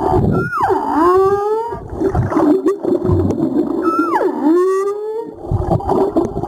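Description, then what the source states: Humpback whale song with two long swooping units, each dropping steeply then rising into a sustained moan, rich with harmonics, over constant watery rumble and crackle. Recorded 17 April 2022.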